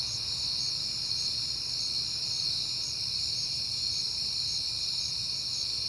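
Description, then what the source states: Crickets sing a continuous high chorus of overlapping trills, with regular pulsing chirps riding on top and a quiet low hum. Crickets recorded at night in September, on a peaceful night.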